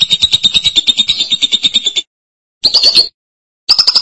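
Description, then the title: Lovebird trill, a rapid stream of buzzy high chattering notes held at one pitch for two seconds, then two shorter bursts after silent gaps. "BM Suara Burung Lovebird"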